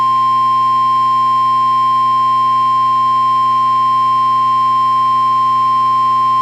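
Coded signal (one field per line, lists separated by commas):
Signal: Emergency Alert System (SAME) tones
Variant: 1050 Hz attention tone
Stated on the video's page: Severe thunderstorm warning relayed by FM radio stations, first two recordings with radio interference, last clip with low audio; valid tones.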